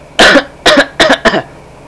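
Four short, harsh cough bursts in quick succession, each with a forceful onset; a plain adult cough.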